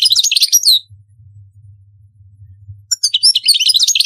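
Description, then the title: European goldfinch song: a quick run of tinkling, twittered notes, a pause with low hum, then another fast twittering phrase. "Chant Chardonneret"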